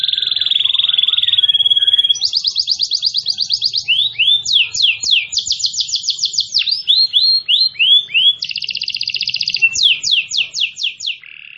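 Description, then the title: Canary song, a rapid sequence of trills switching type every second or two: buzzy high rolls, sweeping downslurred notes repeated quickly, and fast rattling phrases, loud and clear. Gacor (continuously singing) canary. "Kenari Gacor"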